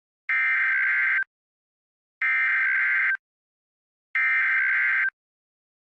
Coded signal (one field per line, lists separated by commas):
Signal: Emergency Alert System (SAME) tones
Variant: header bursts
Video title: EAS Scenario:SCP-096